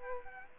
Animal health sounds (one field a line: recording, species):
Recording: mosquito wingbeat signal from an infrared sensor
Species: Aedes aegypti